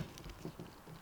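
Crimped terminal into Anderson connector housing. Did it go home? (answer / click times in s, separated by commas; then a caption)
no / none. A second crimped terminal is handled at an Anderson plug housing while being pushed toward its slot, giving soft, faint patter-like rustling with a couple of slightly louder taps. The clip ends before the terminal goes home, so nothing has seated or clicked yet.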